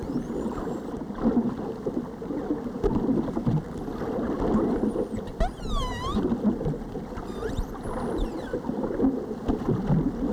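Whale calls, a bright harmonic V-shaped whistle near the middle, then falling and rising sweeps and a long flat high tone, above steady underwater crackle.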